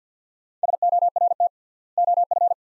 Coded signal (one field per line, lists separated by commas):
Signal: Morse code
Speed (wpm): 50 wpm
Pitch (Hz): 700 Hz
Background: none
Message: SORT OF